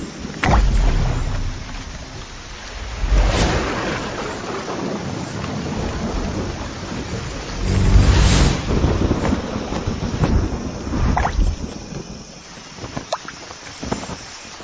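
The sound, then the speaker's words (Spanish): A violent tropical storm roars steadily, wind and heavy rain dumping up to 50 millimetres an hour forming a dense hiss over deep rumbling, with a few sharp gusting surges breaking through. No voices. “Se desata una violenta tormenta tropical.”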